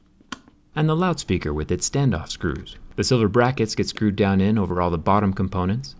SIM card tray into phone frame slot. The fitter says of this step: SIM card tray pops into place and the